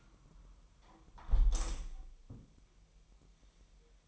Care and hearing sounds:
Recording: daily activity, microphone in the room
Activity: close window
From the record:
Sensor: 1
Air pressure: 1000.3 hPa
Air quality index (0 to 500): 245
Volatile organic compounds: 134 ppm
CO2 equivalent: 3948 ppm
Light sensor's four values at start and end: 11/27/11/12 and 11/26/10/11

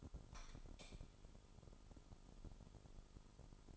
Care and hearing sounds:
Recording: daily activity, microphone in the room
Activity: light on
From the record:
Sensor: 5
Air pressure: 988.5 hPa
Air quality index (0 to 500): 216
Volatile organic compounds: 114 ppm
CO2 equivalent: 3844 ppm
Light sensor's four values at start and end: 44/131/51/54 and 45/136/53/57

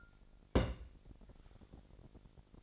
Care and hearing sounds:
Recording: daily activity, microphone in the room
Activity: place on stove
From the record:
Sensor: 5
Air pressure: 1012.1 hPa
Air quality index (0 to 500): 237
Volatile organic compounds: 4 ppm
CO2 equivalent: 1576 ppm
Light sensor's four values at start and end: 44/98/42/45 and 44/99/42/45

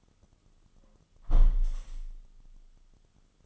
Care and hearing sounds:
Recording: daily activity, microphone in the room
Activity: close window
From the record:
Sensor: 4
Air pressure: 1005.4 hPa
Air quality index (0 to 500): 99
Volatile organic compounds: 2 ppm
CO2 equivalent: 1224 ppm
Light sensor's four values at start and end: 13/29/11/11 and 13/29/11/11

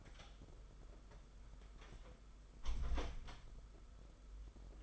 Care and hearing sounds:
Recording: daily activity, microphone in the room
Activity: close door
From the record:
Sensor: 5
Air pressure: 991.7 hPa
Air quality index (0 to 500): 134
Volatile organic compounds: 82 ppm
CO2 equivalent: 3626 ppm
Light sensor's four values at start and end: 37/119/45/48 and 37/119/45/48

